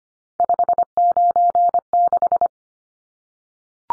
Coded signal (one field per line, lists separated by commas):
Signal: Morse code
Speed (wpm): 25 wpm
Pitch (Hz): 700 Hz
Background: none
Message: 596